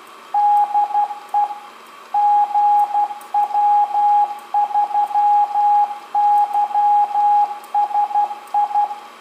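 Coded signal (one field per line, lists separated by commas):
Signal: Morse code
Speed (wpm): 12 wpm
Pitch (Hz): 830 Hz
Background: radio noise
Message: DE GW3YSI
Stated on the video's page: On-air Morse demo at 12 wpm.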